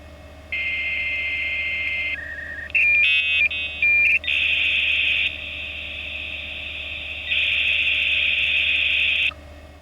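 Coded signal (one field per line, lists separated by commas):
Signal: dial-up modem handshake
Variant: V.34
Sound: steady answer tone, a lower tone, buzzy multi-tone chirps, then loud rushing hiss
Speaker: wow that was a very quiet piso buzzer I didn't even hear the DTMF tones or the dial tone um but we did connect now it says here connect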